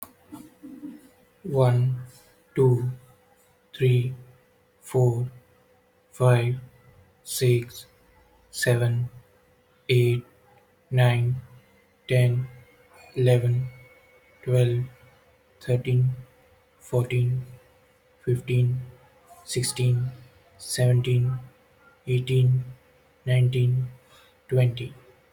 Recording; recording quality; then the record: counting at a normal pace; excellent, no background noise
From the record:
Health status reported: healthy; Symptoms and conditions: none ticked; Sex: male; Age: 29 years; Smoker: not ticked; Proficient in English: yes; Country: India